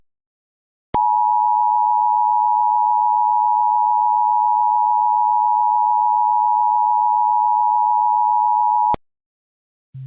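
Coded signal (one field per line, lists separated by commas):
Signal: Emergency Alert System (SAME) tones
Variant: 853 and 960 Hz attention tone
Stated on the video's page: Fictional EAS scenario, a simulated alert rather than a real broadcast.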